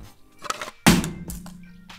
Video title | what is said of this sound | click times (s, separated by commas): Ma BMW E46 #15 Changer feux anti brouillard + recul ! | là ça se clipse d'abord comme ça dedans voilà | 0.9 s